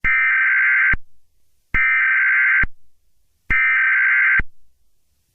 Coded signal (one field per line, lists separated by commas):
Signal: Emergency Alert System (SAME) tones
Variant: header bursts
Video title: Eas Scenario The Serial Killer Outbreak